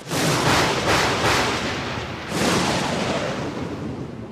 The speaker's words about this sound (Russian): Наконец, спустя пару минут, которые показались вечностью, гром прекратился, и небеса вновь приобрели привычный вид.